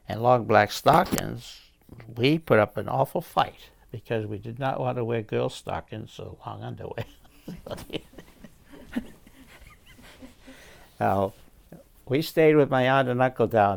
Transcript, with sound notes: and long black stockings, we put up an awful fight. Because we did not want to wear girl stockings or long underwear.. (both laugh) Now we stayed with my aunt and uncle down here.